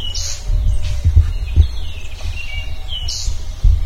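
Bird calls: a few high chirps and a descending whistled note, with low rumbling noise and faint knocks underneath.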